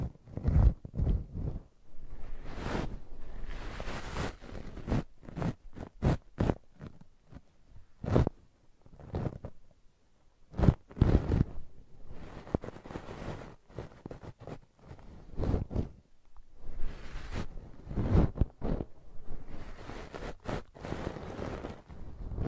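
Brushing and scratching in quick, irregular strokes, each a short rough burst with a strong low thump beneath a bright hiss. The strokes come in clusters of several per second with brief pauses between, loudest around two, eleven and eighteen seconds.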